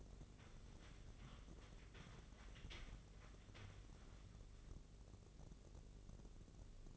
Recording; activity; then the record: daily activity, microphone in the room; wipe stove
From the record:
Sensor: 4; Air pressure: 1013.2 hPa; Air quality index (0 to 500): 175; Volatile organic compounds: 2 ppm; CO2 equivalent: 1104 ppm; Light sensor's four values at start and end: 96/240/99/104 and 95/238/98/103